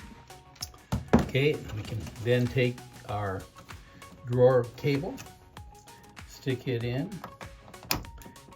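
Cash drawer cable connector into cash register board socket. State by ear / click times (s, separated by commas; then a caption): seated / 7.9 s. Someone talks while the cash drawer cable plug is pushed into its socket on the serial communication board of a Sam4s SPS-300 / ER-900 series cash register. Small handling taps come first, then a sharp, loud click at 7.9 s as the connector latches and is seated.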